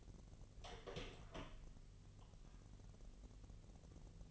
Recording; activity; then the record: daily activity, microphone in the room; open door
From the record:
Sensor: 4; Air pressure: 1002.2 hPa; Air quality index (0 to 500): 249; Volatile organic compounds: 41 ppm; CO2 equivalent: 3169 ppm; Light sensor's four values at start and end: 10/23/9/9 and 10/22/9/8